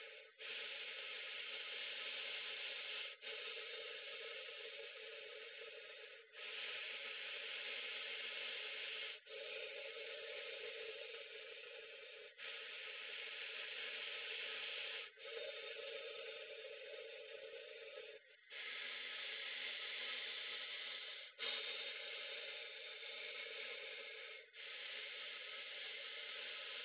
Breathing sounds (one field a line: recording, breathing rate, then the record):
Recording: paced breathing near a phone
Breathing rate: 10 breaths a minute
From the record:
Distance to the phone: 20 cm